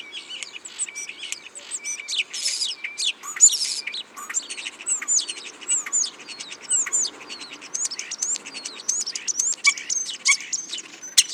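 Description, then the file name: Common starling song, a long rambling mix of clicks, chirps, rattles and whistled snippets delivered rapidly and continuously. "Spreeuw"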